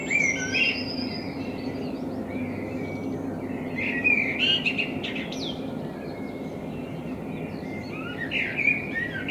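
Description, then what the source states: Common blackbird song: rich, fluty warbled phrases and high scratchy twitters, with a steady background hum throughout. Binaural dummy-head recording made in front of the recordist's window with a homemade dummy head, intended for headphone listening.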